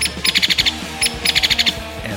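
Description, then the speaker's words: Hairy Woodpecker calls: a sharp, high note followed by a short rattle of quick notes, the pattern given twice. "And that's the call of the hairy woodpecker."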